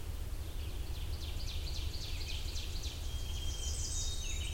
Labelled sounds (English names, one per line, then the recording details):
Ovenbird song
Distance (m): 90 m
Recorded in boreal forest in Alberta, Canada, on 21 June 2016 at 06:49
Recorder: SongMeter 3, array SBT-6-81
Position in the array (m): 51 m, 124 m
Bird 23